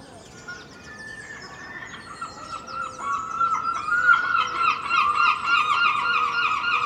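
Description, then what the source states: Gulls start with a drawn wail, then break into a loud series of harsh yelping notes, with fainter calls beneath. Early morning, Filey, April 2023; recorded from a second-storey window with Clippy microphones and a Roland R-07; other birds present.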